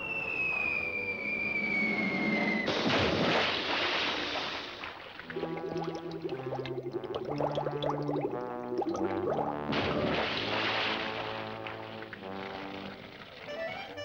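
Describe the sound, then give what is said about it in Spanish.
A falling whistle ends in a loud splash as a character plunges into water, followed by steady bubbling, gurgling underwater sounds with a second burst of churning water partway through. “¿Tuviste un lindo viaje submarino?”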